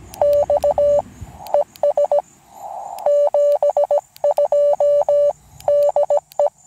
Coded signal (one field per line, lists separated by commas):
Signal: Morse code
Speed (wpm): 17 wpm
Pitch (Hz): 580 Hz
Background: none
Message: X ES 72 DE